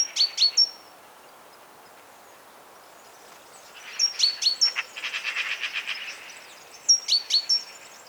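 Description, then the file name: Great tit calls, short bursts of sharp high notes in groups of three or four, with a buzzy rapid chatter in the middle and quiet gaps between. "Parus major"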